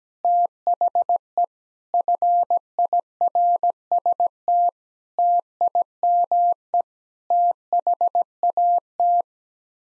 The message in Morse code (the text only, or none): THE FIRST TIME THAT